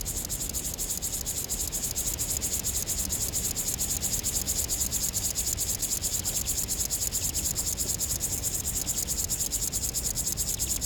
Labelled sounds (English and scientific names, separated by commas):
Upland Field Grasshopper (Chorthippus apricarius) stridulation